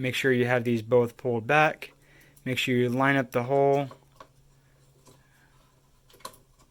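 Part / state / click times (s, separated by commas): memory module going into a motherboard DIMM slot / seated / 6.2 s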